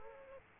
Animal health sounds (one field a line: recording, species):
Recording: mosquito wingbeat signal from an infrared sensor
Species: Aedes aegypti